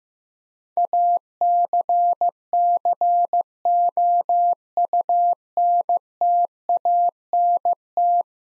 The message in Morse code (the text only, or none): ACCOUNTANT